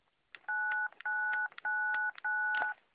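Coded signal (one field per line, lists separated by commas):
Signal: DTMF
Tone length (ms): 440 ms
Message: 9999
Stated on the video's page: Repeater link on 6 meters, 51.930 MHz; no PL needed, though the link transmitter sends a 123 Hz tone.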